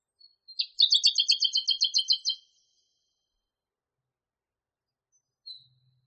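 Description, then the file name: Song thrush song: a rapid, rattling series of doubled high notes for almost two seconds, then quiet with one faint note later. Masteran recording made for training songbirds. "suara masteran songthrush"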